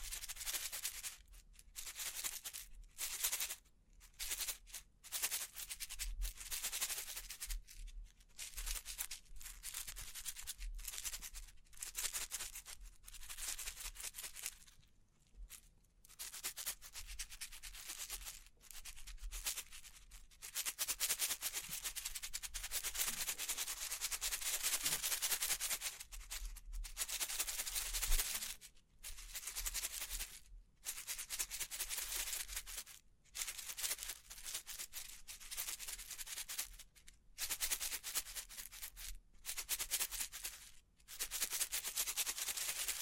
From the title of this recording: Bling Bling Triggers